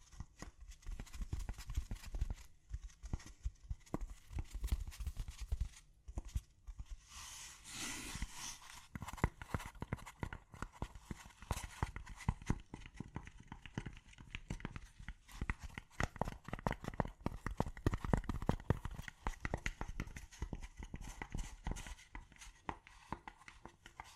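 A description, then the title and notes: Gentle tapping runs almost without pause, quick, light clicks with a crisp, bright edge, like fingertips or nails on a hard surface. The rhythm is dense and uneven, with a brief softer rustling patch around eight seconds before the tapping resumes. ASMR Gently Tapping. (No Talking).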